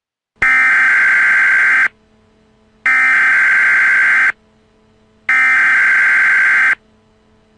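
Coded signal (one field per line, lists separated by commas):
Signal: Emergency Alert System (SAME) tones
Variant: header bursts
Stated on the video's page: Fictional evacuation EAS alert made with Scratch.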